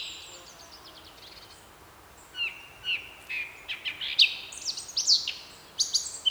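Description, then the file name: Eurasian blackcap song, faint at first, then separate whistled notes building into a louder, fluty warbling phrase. "Sylvia atricapilla"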